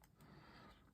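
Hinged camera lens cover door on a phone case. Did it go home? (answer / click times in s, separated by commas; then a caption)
yes / 0.0 s. A hinged camera lens cover, which also works as a kickstand, is closed on a rugged plastic SUPCASE Unicorn Beetle case with MagSafe for a Galaxy S24 Ultra. A short, sharp tick at 0.0 s marks the cover clicking shut and seating in place, followed by quiet low background noise.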